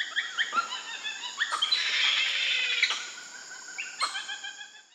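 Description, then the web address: Red uakari calls: short harmonic yelps and chirps around a loud harsh outburst, with a continuous high insect whine behind. Primate of the South American rainforest. "Natures Songs S America Primates of the Rainforest Red uakari monkey"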